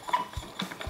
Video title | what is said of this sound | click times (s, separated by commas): Sig Micro Break Install & Overview - SRD 762 Ti Qd | give it a couple turns and then you'll hear it click alright | 0.6 s, 0.8 s